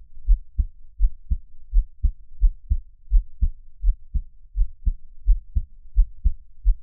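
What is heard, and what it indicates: Deep paired lub-dub thumps repeat steadily at roughly 85 beats a minute, with no talking and only a faint low hum underneath. An adult's own heartbeat, heard close up, offered for relaxing ASMR listening and best heard with headphones.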